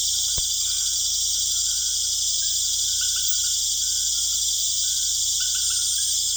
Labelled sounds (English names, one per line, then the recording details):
none
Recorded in secondary vegetation near Puerto Asís, Putumayo, Colombia, on 22 June 2025
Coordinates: 0.488, -76.319
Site G094